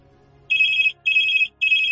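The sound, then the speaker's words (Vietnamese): A telephone ringtone sounds in three steady bursts, each a bright, high electronic tone lasting about half a second with short gaps between, loud over a faint low background hum. “Điện thoại vang lên đúng thời gian đã dự đoán.”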